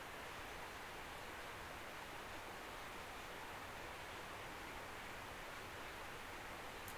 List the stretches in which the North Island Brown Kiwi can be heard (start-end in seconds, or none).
none